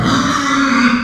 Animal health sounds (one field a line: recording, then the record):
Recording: squeal of a Yucatan mini pig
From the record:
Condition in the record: after surgery on the right vocal fold (resection and tissue-engineered implant)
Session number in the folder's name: 14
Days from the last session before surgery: 133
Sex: female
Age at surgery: 19 weeks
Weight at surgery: 25 kg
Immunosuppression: prednisolone